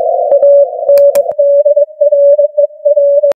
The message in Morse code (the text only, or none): ANDRER